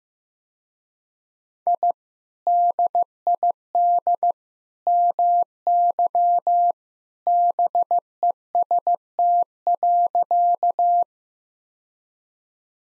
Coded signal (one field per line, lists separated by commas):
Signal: Morse code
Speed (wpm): 15 wpm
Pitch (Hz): 700 Hz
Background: none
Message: I DID MY BEST.